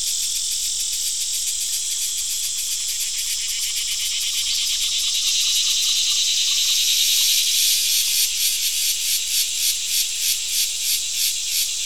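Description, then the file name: Crickets chirping: fast, regular high-pitched pulses over a continuous buzzing drone, with the pulses growing more distinct and rhythmic near the end. "Digiffects Sound Effects Library - Crickets and a Cicada"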